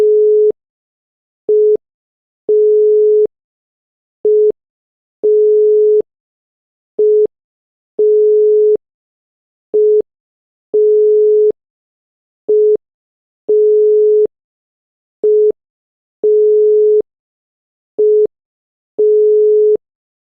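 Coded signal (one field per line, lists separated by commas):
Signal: none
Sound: telephone call-progress tone cadence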